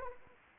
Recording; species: mosquito wingbeat signal from an infrared sensor; Anopheles arabiensis